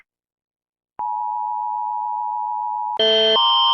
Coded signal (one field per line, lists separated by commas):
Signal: Emergency Alert System (SAME) tones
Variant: 853 and 960 Hz attention tone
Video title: Series 1: EAS Alarms Animated: Part 1